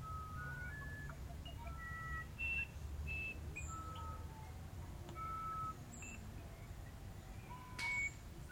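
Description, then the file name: Musician wren song of separate clean whistles, some rising, some falling, spaced unevenly over eight seconds, with a faint low hum beneath. "uirapuru"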